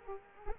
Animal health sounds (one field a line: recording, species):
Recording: mosquito wingbeat signal from an infrared sensor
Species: Culex quinquefasciatus